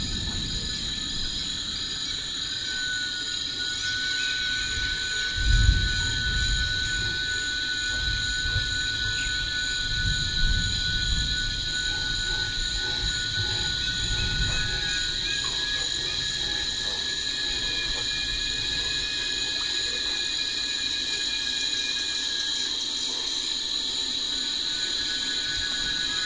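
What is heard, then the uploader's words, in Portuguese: Soundscape heard from up in a tree's canopy, dominated by steady, dense insect chirring in several high, shrill bands that hold unbroken throughout. A thinner tone enters around three seconds. Low rumbling gusts or knocks swell near six, ten and fourteen seconds, then settle. Uma confortável cabana em cima de uma bela e ancestral árvore na Serra da Bocaina (SP). A paisagem sonora que se escuta na copa de uma árvore.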